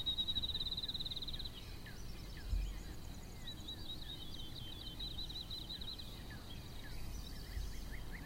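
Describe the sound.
Sparrow chirps in a busy chorus of quick, repeated short notes, a thin high trill at the start, over steady low background rumble.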